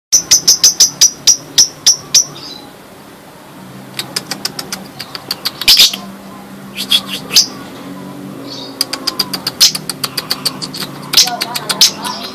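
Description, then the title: Java sparrow song: a rapid run of high clicks, a brief pause, then irregular clicks and bell-like chimes over a low humming background. "kicau gelatik"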